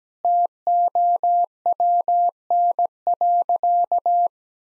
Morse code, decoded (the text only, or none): TOWN.